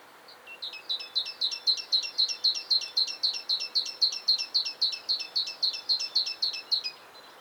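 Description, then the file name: Great tit giving a rapid, regular run of bright, high repeated notes, nearly four each second, lasting about six seconds before stopping. "Parus major"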